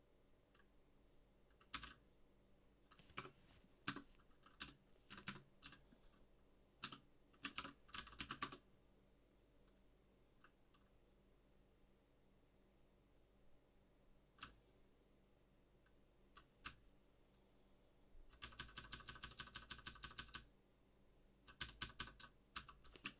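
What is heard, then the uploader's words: Typing on a mechanical keyboard. Sharp clicky keystrokes come in bursts, busiest from about 2 to 8 seconds, then sparse taps, and a fast dense flurry around 18 to 20 seconds before a few final presses. Coding PHP on a HyperX Alloy FPS mechanical keyboard with Cherry MX Blue keys. Coding on a mechanical keyboard.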